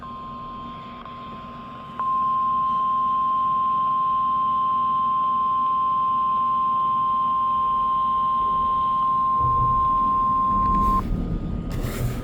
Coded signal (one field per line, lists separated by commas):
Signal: Emergency Alert System (SAME) tones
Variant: 1050 Hz attention tone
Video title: NWS Ruskin Weekly Test (5/1/24) (New EAS 439)